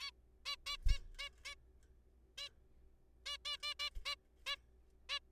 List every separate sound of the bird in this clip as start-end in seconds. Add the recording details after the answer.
0.01-0.10, 0.46-0.55, 0.67-0.76, 0.89-0.98, 1.19-1.29, 1.45-1.54, 2.38-2.48, 3.26-3.37, 3.45-3.56, 3.63-3.74, 3.80-3.89, 4.05-4.15, 4.46-4.55, 5.09-5.19. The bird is a juvenile. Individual R3428